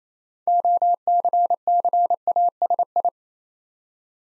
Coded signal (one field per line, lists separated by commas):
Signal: Morse code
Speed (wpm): 29 wpm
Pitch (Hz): 700 Hz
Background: none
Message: OCCASI